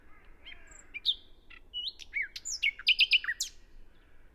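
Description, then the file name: Common nightingale song, a busy varied phrase of sharp chirps, short whistles and quick repeated notes, with faint background hiss. "Luscinia megarhynchos"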